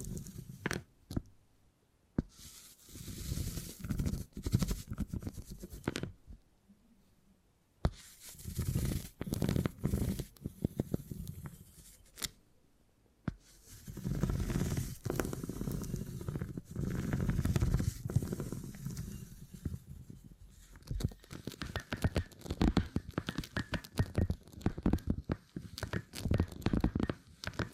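Beeswax being handled in close, sticky crackles and soft tearing scratches, coming in bursts separated by brief quiet pauses throughout.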